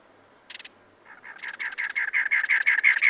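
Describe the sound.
Cactus wren song: one short buzzy note, then a swelling series of many harsh, grating notes.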